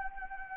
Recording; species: mosquito wingbeat signal from an infrared sensor; Anopheles arabiensis